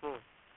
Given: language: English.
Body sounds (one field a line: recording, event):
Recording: throat vibration sensor signal played as sound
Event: speech